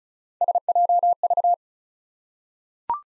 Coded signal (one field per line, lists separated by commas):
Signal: Morse code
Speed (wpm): 36 wpm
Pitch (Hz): 700 Hz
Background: none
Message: SJV